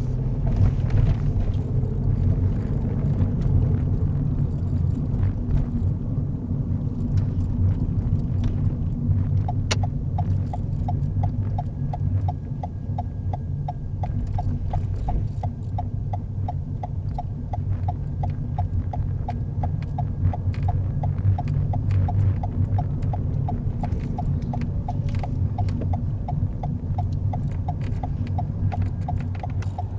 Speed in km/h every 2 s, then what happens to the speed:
24, 26, 24, 21, 18, 16, 13, 11, 13, 18, 21, 21, 19, 15, 5.
3-12 slows to 13. 16-22 speeds up to 21. 22-30 slows to 5.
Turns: none.